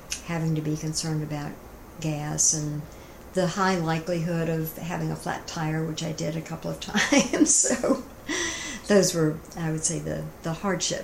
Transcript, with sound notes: having to be concerned about gas and the high likelihood of having a flat tire - which I did a couple of times. [laughter] So those were I'd say the hardships.